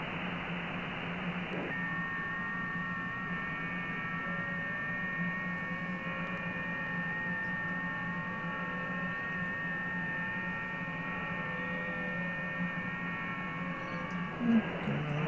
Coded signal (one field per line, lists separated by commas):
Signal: FT8